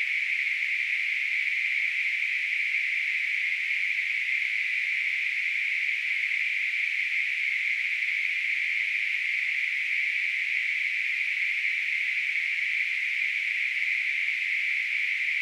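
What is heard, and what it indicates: Simulated tinnitus.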